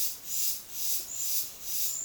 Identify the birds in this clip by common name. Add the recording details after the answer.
none. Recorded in dense forest near Puerto Asís, Putumayo, Colombia, on 18 February 2024 at 11:30. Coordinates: 0.505, -76.324. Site G6467